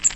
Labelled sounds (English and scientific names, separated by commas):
Cape May Warbler (Setophaga tigrina) flight call